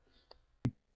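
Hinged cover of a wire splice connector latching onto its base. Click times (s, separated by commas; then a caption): 0.3 s, 0.6 s. The hinged cover of a plastic wire-splice connector on a motorcycle tail light harness is folded over and pressed onto its base until the small catches on each side clip together. A light click at 0.3 s is followed by a much sharper, louder snap at 0.7 s over a quiet low hum. The cover latches shut and is seated.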